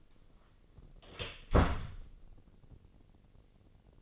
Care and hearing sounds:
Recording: daily activity, microphone in the room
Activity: close door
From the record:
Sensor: 4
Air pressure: 1013.2 hPa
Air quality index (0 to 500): 178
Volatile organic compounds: 2 ppm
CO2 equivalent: 1124 ppm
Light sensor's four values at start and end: 107/268/110/118 and 77/188/80/80

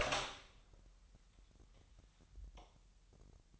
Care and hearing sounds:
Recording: daily activity, microphone in the room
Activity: open door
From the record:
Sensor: 3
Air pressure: 998.3 hPa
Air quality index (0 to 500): 143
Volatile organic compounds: 5 ppm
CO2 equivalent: 1714 ppm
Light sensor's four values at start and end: 16/45/18/17 and 16/45/18/17

